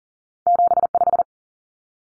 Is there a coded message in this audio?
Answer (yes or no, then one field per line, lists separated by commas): yes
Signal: Morse code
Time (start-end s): 0.5-1.2 s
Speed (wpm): 40 wpm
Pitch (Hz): 700 Hz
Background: none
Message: 75